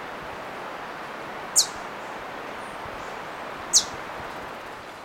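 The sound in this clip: Green Honeycreeper giving two brief, piercing high call notes about two seconds apart against a constant background hiss.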